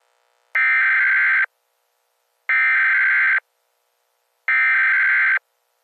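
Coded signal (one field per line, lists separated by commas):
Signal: Emergency Alert System (SAME) tones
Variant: header bursts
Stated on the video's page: Fictional EAS scenario.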